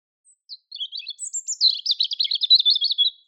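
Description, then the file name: European robin song: a few scattered high chips, a thin descending whistle, then a fast tumbling warble of trilled high notes. "Erithacus rubecula"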